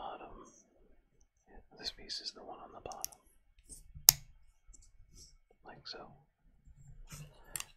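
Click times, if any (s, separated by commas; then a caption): 7.6 s. Someone talks softly while a plastic LEGO building brick assembly is pressed together onto a brick model, with a sharp tick at about 4.1 s. The bricks click into place at 7.6 s, seated.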